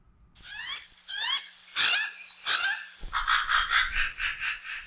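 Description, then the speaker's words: Hawaiian Crow calls: harsh, raspy caws with wavering tones, several rapid bursts followed by a fast pulsing series of hoarse notes. Hawaiian crow (alala), one of Hawaii's rarest birds, extinct in the wild. "Today, Manu Minute's host, Patrick Hart, offers you a chance to imagine what the forests might have sounded like with the song of the Hawaiian crow."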